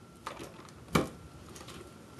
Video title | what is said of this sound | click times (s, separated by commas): Ice Booze Ice Luge Repairing a Crack | Hear the click. | 1.0 s